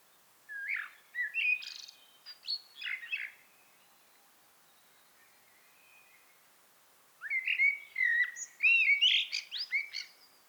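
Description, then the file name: Common blackbird song: a rich whistled phrase broken into short notes, then after a pause a longer, busier phrase rising into scratchy high twitters. "Turdus merula"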